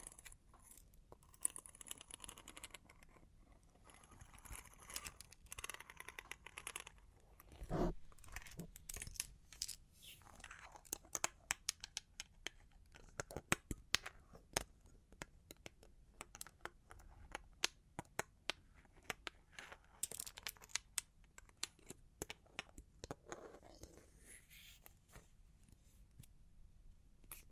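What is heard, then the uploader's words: Long claws tap and scratch in quick, irregular bursts, each tap a short bright click spread across the whole clip. Dense clusters of rapid tapping alternate with sparser moments, and softer scraping passes run between them, especially around the middle and near the end. Long Claws Tapping and Scratching (No Talking).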